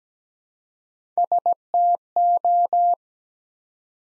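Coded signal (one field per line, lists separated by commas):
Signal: Morse code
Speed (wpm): 17 wpm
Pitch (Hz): 700 Hz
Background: none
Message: STO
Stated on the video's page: Morse practice at 17 wpm building 3- to 5-letter words one letter at a time, for beginners working on instant character recognition.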